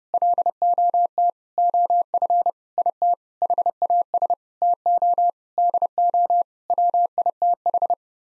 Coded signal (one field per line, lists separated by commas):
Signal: Morse code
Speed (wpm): 30 wpm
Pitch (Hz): 700 Hz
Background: none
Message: LOT OF IT HAS TO DO WITH